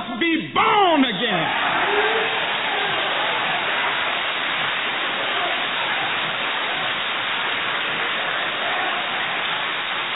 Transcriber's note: applause